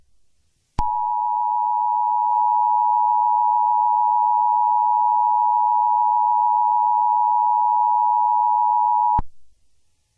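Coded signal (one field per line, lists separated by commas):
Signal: Emergency Alert System (SAME) tones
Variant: 853 and 960 Hz attention tone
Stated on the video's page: Fictional EAS scenario.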